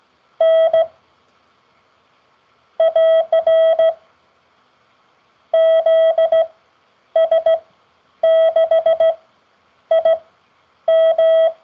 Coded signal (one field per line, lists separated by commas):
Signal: Morse code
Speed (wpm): 15 wpm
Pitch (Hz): 650 Hz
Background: none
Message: N <AR> ZS6IM